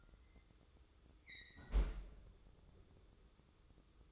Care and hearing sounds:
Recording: daily activity, microphone in the room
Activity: close fridge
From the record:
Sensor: 3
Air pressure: 995.3 hPa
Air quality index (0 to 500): 78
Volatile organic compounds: 6 ppm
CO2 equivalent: 1836 ppm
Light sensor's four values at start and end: 19/57/24/21 and 19/57/24/21

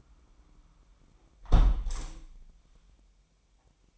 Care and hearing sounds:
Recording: daily activity, microphone in the room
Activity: close window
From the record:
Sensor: 1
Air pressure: 998.6 hPa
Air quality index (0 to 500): 128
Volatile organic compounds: 3 ppm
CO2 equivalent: 1530 ppm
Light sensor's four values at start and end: 8/20/8/10 and 8/19/8/9

